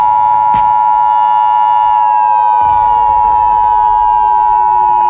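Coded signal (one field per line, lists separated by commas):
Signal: Emergency Alert System (SAME) tones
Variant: 853 and 960 Hz attention tone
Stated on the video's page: Fictional EAS scenario about an invasion, not a real alert.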